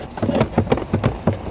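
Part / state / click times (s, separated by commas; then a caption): cabin air filter cover into its housing behind the glovebox / not seated / none. On a Land Rover LR3, the plastic cover over the cabin air filter housing behind the glovebox is pressed toward closed while the filter is held up, so the cover can close properly. Short plastic handling knocks are heard around 0.4, 0.6, 0.7, 1.1 and 1.3 seconds. The cover has not clicked shut or seated yet.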